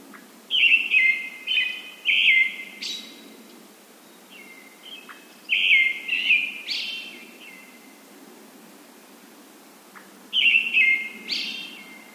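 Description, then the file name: Brown-headed thrush delivering three whistled phrases about four to five seconds apart, each of two or three notes capped by a high sibilant trill. "akahara"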